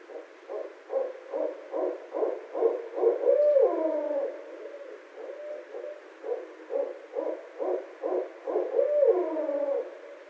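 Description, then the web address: Barred owl hooting: a quick run of low, pulsed hoots, each series ending in a drawn-out, falling wail, heard twice over about ten seconds. Recorded 21 February 2012. "Barred Owl 2012 02 21"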